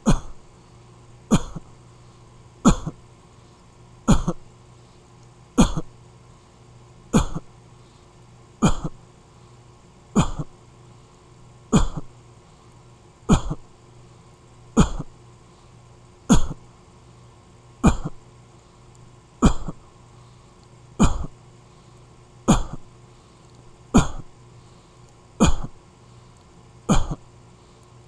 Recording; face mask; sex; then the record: voluntary coughing; none; male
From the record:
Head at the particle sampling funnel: facing it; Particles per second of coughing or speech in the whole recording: 2.16